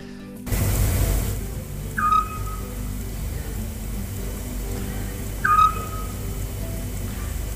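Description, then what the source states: Eurasian scops owl giving short whistled single notes, two heard about three and a half seconds apart, after a brief burst of noise at the start. Voice of the scops owl, likened to a ship's or submarine's sonar; the camouflaged bird is found first by listening for where the sound comes from.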